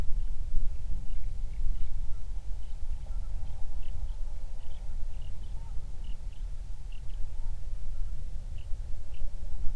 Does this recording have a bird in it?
yes